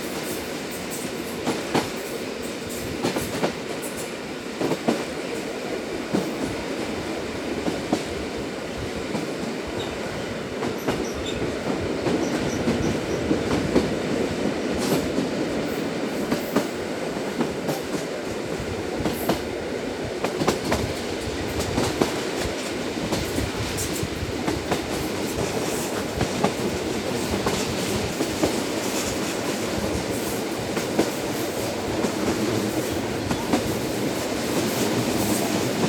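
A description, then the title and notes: Sounds from a train, heard from inside a moving carriage: a steady, dense rumble that holds at an even level throughout. Frequent small clicks and knocks from the wheels and rails run through it, with a brief dip in the low roar around ten seconds. Sounds From a Train.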